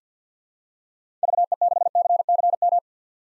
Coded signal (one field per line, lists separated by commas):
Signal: Morse code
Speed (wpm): 50 wpm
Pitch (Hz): 700 Hz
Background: none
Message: VE6CCM